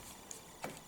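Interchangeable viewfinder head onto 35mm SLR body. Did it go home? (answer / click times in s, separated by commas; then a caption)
yes / 0.3 s. The removable prism viewfinder head of a Nikon F5 35mm film SLR is slid back onto the top of the camera body until it latches, with a sharp, very positive click at 0.3 s. A broader, duller knock follows at about 0.6 s over a faint background hiss, and the head is seated.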